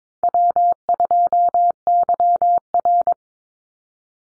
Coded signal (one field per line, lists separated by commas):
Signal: Morse code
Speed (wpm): 22 wpm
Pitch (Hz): 700 Hz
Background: none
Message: W2YR